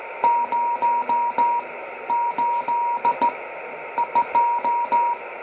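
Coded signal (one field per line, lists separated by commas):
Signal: Morse code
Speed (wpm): 15 wpm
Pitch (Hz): 950 Hz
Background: radio noise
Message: 08 2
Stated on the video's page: CW practice session.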